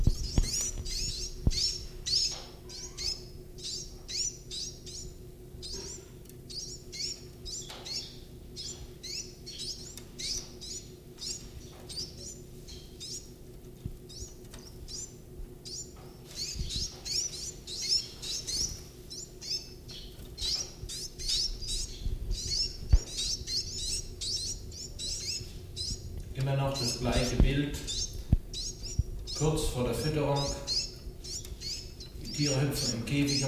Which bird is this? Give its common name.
Iberian Chiffchaff